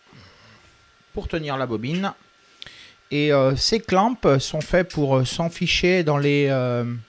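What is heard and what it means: Someone talks while handling a 3D-printed plastic spool holder for a Qidi i-mates 3D printer, whose claws are meant to push into the printer frame's side grooves. A brief sharp tick is heard at 2.6 s between the stretches of talk. Nothing has seated or clicked into the grooves yet.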